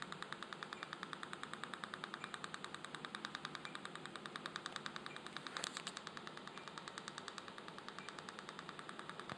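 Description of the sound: Rapid, regular sharp clicking from a NightLase laser pulsing during a snoring procedure, with one brief louder burst partway through.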